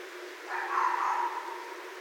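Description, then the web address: Red fox whine, one sustained tonal cry of about a second, fairly level in pitch, over hissing background noise. Recorded 31 December 2011. "Red Fox 2011 12 31 Red Fox"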